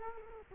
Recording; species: mosquito wingbeat signal from an infrared sensor; Culex quinquefasciatus